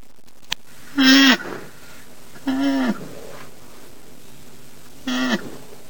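Rhinoceros calls: three short harmonic bleating moans, each under half a second, spread over a few seconds against a low steady hiss.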